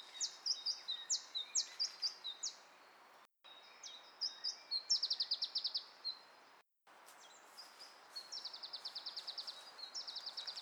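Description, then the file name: Iberian chiffchaff song, high thin notes in phrases, some speeding into a fast, even series, repeated several times. "iberischer zilpzalp"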